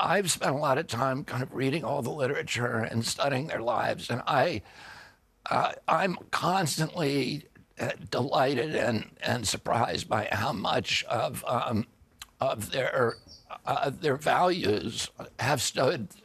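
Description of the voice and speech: An adult man speaks in a strained, gravelly, raspy, creaky voice, with glottal catches, stretched vowels and halting breaks between phrases. This is spasmodic dystonia, a neurological disorder caused by an injury, in which signals to the vocal cords make them tighten involuntarily, giving a raspy voice despite healthy vocal cord tissue.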